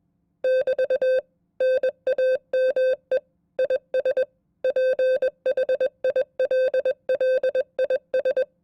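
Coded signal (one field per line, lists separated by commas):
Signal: Morse code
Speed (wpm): 21 wpm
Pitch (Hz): 520 Hz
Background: none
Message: <BT> NAME IS PHILLIS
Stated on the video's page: Morse code test at 20 WPM, representative of an FCC examiner's code test.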